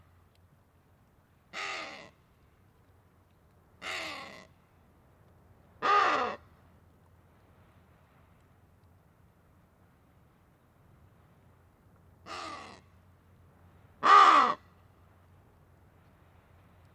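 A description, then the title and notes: Wattled ibises give loud, harsh, crow-like squawks: three evenly spaced calls near the start, a long quiet gap, then two more toward the end, the last the loudest and closest. A faint, steady low rumble of wind sits beneath. A small group of Wattled Ibis feeding on crags in the Sanetti Plateau. Wattled Ibises On The Sanetti Plateau.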